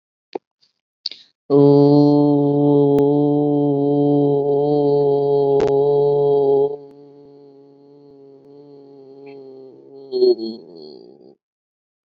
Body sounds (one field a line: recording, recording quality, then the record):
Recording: sustained vowel as in boot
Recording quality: excellent, no background noise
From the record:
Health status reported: COVID-19 positive, mild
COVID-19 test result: positive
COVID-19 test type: RT-PCR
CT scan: not taken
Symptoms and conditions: cold, sore throat, fever, fatigue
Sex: female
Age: 51 years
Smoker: no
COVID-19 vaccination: both doses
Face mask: not worn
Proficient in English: yes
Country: India